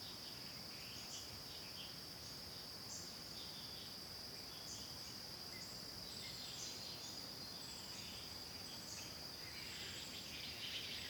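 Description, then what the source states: Insects give a continuous shrill buzz, steady throughout, with occasional faint bird notes. Forest ambience, constant insect sound with a few birds.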